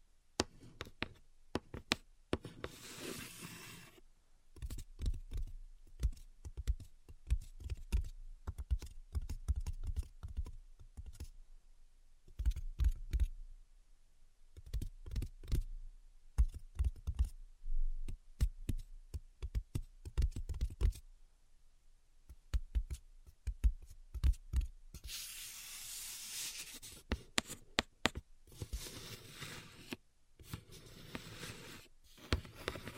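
Invisible tapping and scratching: quick bursts of light taps, often in dense runs, with short silent gaps, notably around 12 and 24 seconds. Near 25 to 27 seconds a brighter, hissing scratch takes over before the tapping returns.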